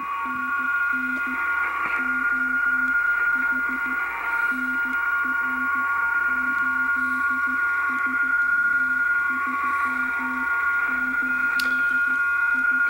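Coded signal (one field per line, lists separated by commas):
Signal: PSK31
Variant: BPSK31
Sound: several steady narrow warbling tones together, with a low tone keyed on and off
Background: radio static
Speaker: so here I'm decoding only one of the many signals all the little bars there are signals that you have on the same around around the same frequency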